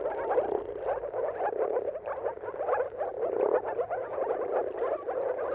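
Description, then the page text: Chorus of moor frogs, steady low bubbling calls layered densely, swelling slightly now and then. Dawn chorus of moor frogs giving mating calls at sunrise, turn of March and April, timing depending on weather; recorded by Jakub Orzecki. "earth-fm Jakub-Orzecki moor frogs. Dawn’s Chorus: Mating Calls of Marsh Frogs at Sunrise. Depending on the weather at the turn of March and April, you can witness an amazing spectacle of moor frogs"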